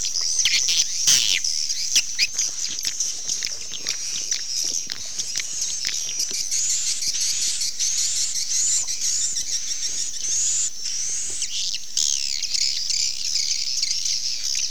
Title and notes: Swiflet Bird Sound. Farming Swiflet Bird asia sound